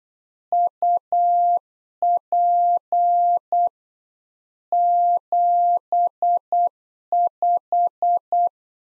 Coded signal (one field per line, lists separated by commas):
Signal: Morse code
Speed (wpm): 8 wpm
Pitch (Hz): 700 Hz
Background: none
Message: UP 75